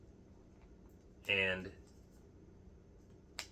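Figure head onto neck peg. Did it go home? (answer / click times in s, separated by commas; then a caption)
partly / 3.4 s. A figure's alternate head is pressed onto its neck peg on a plastic action figure, the General Mills Franken Berry by Jada Toys. Someone talks around 1.3–1.7 s, then a sharp snap is heard at 3.4 s. The head snaps on only partway, not all the way.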